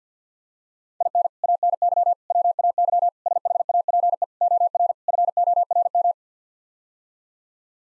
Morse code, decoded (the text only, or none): IN ANY WAY SHAPE OR FORM